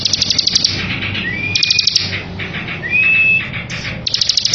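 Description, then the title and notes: Bar-winged prinia song alternating quick, dry ticking trills with clear, rising whistled notes, phrases following each other with little pause. Ngebren song style of the bar-winged prinia, used as a tutor recording for training white-rumped shamas. "Ciblek Ngebren Untuk Masteran Murai Batu. Suara burung ciblek - Suara Nada"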